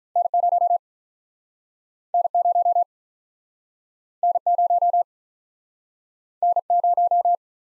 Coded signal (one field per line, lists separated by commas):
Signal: Morse code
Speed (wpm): 46 wpm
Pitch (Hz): 700 Hz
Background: none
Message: N 0 N 0 N 0 N 0